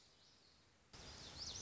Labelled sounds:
Lazuli Bunting
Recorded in Sonoma County, California

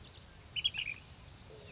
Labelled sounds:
Ash-throated Flycatcher
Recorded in Sonoma County, California

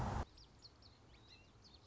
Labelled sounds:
Song Sparrow
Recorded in Sonoma County, California

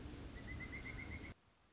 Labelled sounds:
Pileated Woodpecker
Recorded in Sonoma County, California

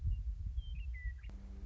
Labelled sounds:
Western Meadowlark
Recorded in Sonoma County, California

